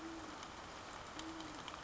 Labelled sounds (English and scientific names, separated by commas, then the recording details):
Great Horned Owl (Bubo virginianus)
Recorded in Sonoma County, California